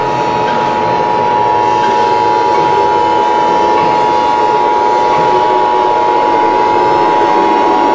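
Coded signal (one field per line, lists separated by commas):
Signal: Emergency Alert System (SAME) tones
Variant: 853 and 960 Hz attention tone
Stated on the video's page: Fictional EAS scenario.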